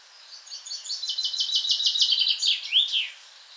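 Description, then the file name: Common chaffinch song: a rapid series of bright notes running into a rattling trill and ending in a sharp, rising-then-falling flourish. "Fringilla coelebs"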